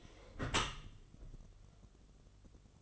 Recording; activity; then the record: daily activity, microphone in the room; close dishwasher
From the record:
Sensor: 4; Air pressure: 1015.8 hPa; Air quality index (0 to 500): 107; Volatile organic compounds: 2 ppm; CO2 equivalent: 1202 ppm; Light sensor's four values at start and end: 9/19/7/7 and 9/19/7/7